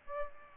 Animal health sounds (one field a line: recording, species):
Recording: mosquito wingbeat signal from an infrared sensor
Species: Aedes albopictus